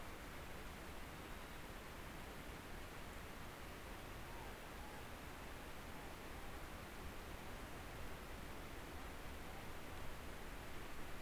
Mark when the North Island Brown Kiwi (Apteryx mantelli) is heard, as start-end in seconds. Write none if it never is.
none